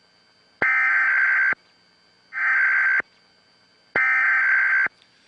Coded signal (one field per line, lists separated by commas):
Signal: Emergency Alert System (SAME) tones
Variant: header bursts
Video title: [Trump News]EAS Test on 11-9-11 Holds Power to Cut Broadcast Signal